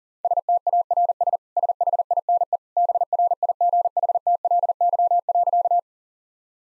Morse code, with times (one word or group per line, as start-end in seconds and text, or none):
0.2-1.4 STARS
1.6-2.6 SHINE
2.8-5.8 BRIGHTLY.